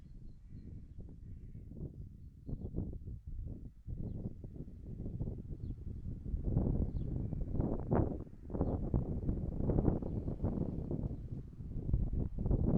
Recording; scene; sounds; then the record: everyday scene through a hearing-aid microphone; wind on the microphone; wind, traffic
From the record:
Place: in front of a rural house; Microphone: behind the ear, right, front